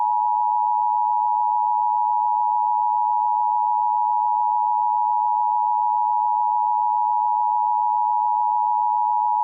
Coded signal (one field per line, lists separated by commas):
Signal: Emergency Alert System (SAME) tones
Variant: 853 and 960 Hz attention tone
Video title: EAS Scenario #5: 2nd Civil War